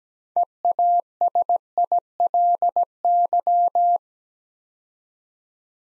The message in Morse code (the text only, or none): EASILY